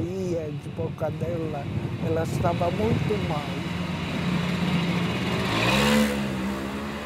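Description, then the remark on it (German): A bus leaving Pinsk: its engine drones with a low, steady hum, then revs up with a rising whine as it pulls away; indistinct voices murmur over it at the start. “Und so verlassen wir Pinsk. Großes Schweigen im Bus.”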